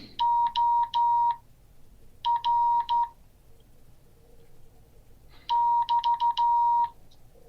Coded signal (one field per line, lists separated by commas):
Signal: Morse code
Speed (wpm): 12 wpm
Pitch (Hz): 950 Hz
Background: none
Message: OR <BT>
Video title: Morse code class 2023-02-06